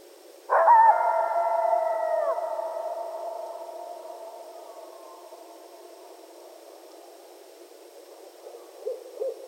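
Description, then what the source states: Coyotes in a howling chorus: sudden overlapping sustained howls that bend downward and fade after about two seconds, followed near the end by a few short yips. Several coyotes recorded at night on 15 February 2012.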